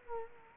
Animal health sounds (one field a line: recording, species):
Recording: mosquito wingbeat signal from an infrared sensor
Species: Culex quinquefasciatus